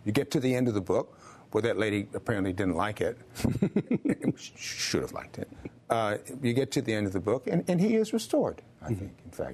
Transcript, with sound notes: You get to the end of the book, where that lady apparently didn't like it. (LAUGHTER) And she should have liked it. You get to the end of the book, and he is restored, I think, in fact.